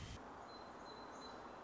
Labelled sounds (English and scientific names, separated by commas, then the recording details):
Song Sparrow (Melospiza melodia)
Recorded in Sonoma County, California